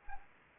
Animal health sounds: mosquito wingbeat signal from an infrared sensor; Anopheles arabiensis

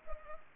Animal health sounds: mosquito wingbeat signal from an infrared sensor; Anopheles arabiensis

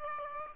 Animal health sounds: mosquito wingbeat signal from an infrared sensor; Aedes aegypti

